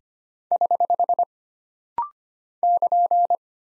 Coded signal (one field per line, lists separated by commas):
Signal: Morse code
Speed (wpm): 25 wpm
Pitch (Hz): 700 Hz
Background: none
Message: <HH> <KN>